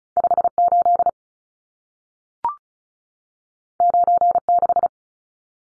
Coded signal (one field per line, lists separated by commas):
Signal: Morse code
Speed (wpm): 36 wpm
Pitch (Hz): 700 Hz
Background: none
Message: 58 96